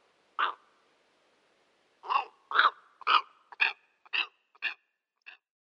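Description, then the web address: Steppe eagle calls, one harsh barking note, a pause, then a series of similar notes that grow quieter toward the end. "Schulze Peter Steppe Eagle"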